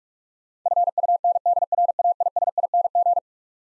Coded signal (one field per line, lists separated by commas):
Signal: Morse code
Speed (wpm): 46 wpm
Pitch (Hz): 700 Hz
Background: none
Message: FUNDRAISING